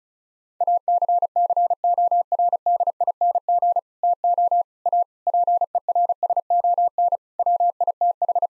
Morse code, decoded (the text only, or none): ACCORDING TO A PERSON WITH